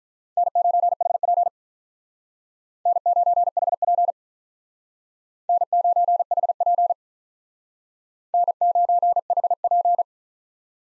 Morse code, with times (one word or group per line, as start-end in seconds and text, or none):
0.4-1.5 N9HP
2.9-4.1 N9HP
5.5-6.9 N9HP
8.3-10.0 N9HP